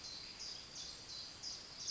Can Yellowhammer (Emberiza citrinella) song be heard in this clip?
no